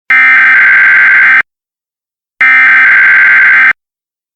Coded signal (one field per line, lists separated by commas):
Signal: Emergency Alert System (SAME) tones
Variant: header bursts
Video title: Izzy TDI EAS Warning